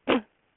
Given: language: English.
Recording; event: throat vibration sensor signal played as sound; cough